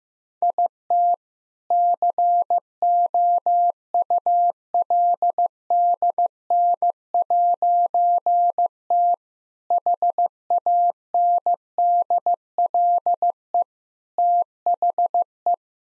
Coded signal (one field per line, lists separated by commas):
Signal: Morse code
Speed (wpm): 15 wpm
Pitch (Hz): 700 Hz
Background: none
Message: IT COULDN'T HANDLE THE